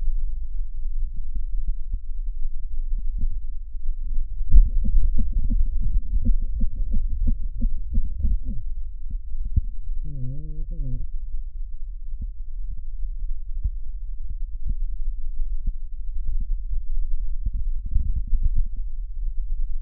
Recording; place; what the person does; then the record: lung sounds by stethoscope; left posterior basal chest; quiet breathing, then cough and speech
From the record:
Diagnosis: COPD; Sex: male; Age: 70 years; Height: 183 cm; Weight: 116 kg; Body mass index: 34.6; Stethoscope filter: bell mode